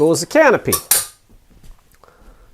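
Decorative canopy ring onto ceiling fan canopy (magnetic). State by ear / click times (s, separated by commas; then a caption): seated / 1.9 s, 2.0 s, 2.1 s. A metal decorative canopy ring on a satin nickel ceiling fan is pushed up against the fan canopy, where magnets pull it into place over the two screw holes. Someone talks first, then the ring snaps home with quick metallic clicks at 1.9, 2.0 and 2.1 seconds. The ring is seated.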